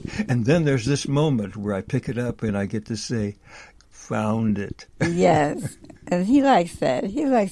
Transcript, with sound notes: And then there's this moment where I pick it up and I get to say, "Found it." (laughs)
Yes, and he likes that.